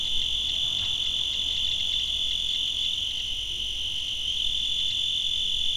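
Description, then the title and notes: Cricket producing a continuous shrill trill at a constant high pitch, unchanging throughout, over a soft low rumble. Field recordings made in Tavira, Tangier, Lima and Bhubaneswar. "Grillo. grabaciones hechas en tavira, tangier, lima, bhubanshwar"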